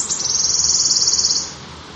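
Wood warbler song, a loud, fast, buzzy high trill delivered almost at once, lasting under one and a half seconds before falling silent.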